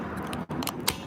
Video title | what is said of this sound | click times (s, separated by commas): LONE WARRIOR BF!! is live! | There we go. You hear the click? | 0.9 s